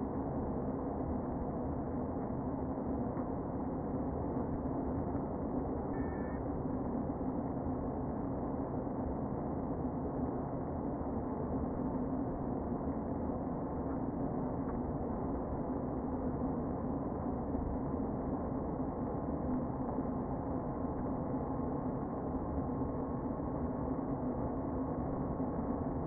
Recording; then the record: honeybee colony, microphone inside the hive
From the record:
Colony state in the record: queen present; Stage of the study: before two queens were removed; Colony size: about 60,000 bees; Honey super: yes